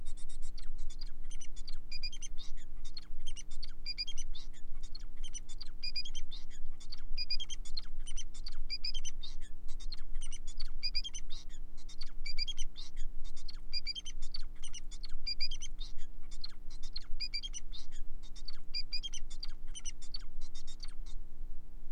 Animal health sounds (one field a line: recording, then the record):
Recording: song of a male Bengalese finch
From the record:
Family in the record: son of father 4